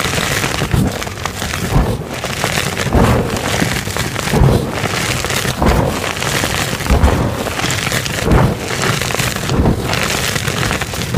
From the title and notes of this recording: ASMR crushing 24+ blocks of colorful crispy dyed chalk into fine powder.